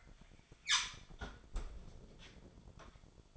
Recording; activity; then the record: daily activity, microphone in the room; close fridge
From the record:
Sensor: 5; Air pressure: 1007.9 hPa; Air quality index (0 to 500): 92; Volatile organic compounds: 1 ppm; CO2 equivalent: 727 ppm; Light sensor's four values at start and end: 42/96/40/42 and 40/91/38/39